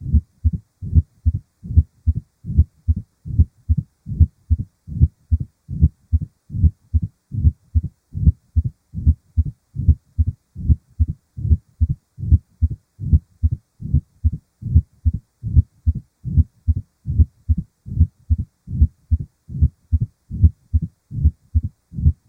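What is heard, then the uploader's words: A heartbeat with mitral stenosis murmur, low and muffled thumps repeating steadily about twice a second, even throughout, with nothing else audible. Heart Murmurs: Mitral Stenosis. A clicking sound as the valve opens followed by a decrescendo-crescendo diastolic murmur.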